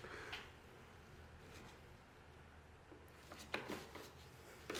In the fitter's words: Then rotate clockwise until the rear two clips click into place.